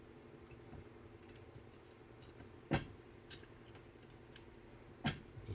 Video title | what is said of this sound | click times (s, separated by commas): Snow Blower Repair Part 2 | push that down on it will snap into place there we go sorry | 4.4 s